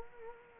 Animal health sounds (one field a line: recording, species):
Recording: mosquito wingbeat signal from an infrared sensor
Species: Culex quinquefasciatus